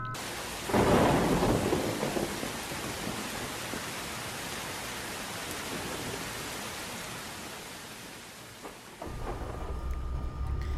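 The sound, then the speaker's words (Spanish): A heavy boom of thunder breaks in near the start, then a steady, loud rushing roar of water carries on throughout, surging again briefly at the end with a deeper rumble, as water bursts up from beneath the earth and floods, forming Lake Chapala. “Y sí, no duró mucho en que tronó el agua, reventó de abajo la tierra.”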